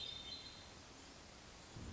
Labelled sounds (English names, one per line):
Hermit Thrush